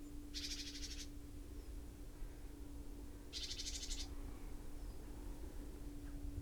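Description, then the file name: Great tit churring calls: two harsh, buzzy rattling bursts, each under a second long and about three seconds apart, over a steady low hum and background rumble. "Parus major"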